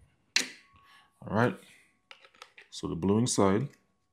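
A blower module is being handled and pushed toward the body of a Hoto Autocare handheld air duster and vacuum unit. A sharp tap sounds near the start, then a few light plastic ticks around 2.1–2.6 s while someone talks. Nothing has seated or clicked into place yet.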